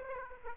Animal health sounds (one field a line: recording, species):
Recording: mosquito wingbeat signal from an infrared sensor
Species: Aedes aegypti